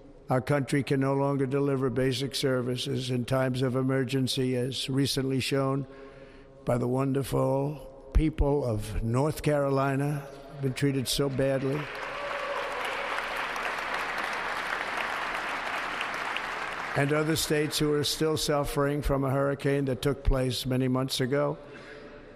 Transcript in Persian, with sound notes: Our country can no longer deliver basic services in times of emergency, as recently shown by the wonderful people
of North Carolina, been treated so badly.
(APPLAUSE)
And other states who are still suffering from a hurricane that took place many months ago.